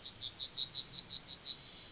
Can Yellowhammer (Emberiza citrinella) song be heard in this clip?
yes